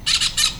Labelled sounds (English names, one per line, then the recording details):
Brown-throated Parakeet contact call
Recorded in Venezuela
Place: Cerro Saroche, Hato Dalmatela, Edo. Lara
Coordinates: 10.149, -69.534